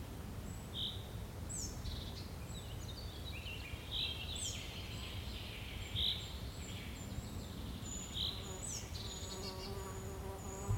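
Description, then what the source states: Bird calls, short clear notes repeated roughly every two seconds with a few higher whistled phrases, over a steady buzzing insect hum and low background rumble. Forest birds.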